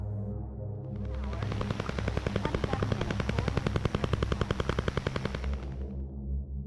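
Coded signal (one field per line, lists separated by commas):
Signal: radar signal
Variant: Russian Woodpecker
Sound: rapid, steady tapping buzz, about ten sharp knocks per second, over radio hiss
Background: radio static, low hum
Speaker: the radar disturbed radio frequencies beyond the borders of the Soviet Union and this characteristic sound is what generated the nickname the Russian woodpecker the next sound clip you here is an example of Duggers interference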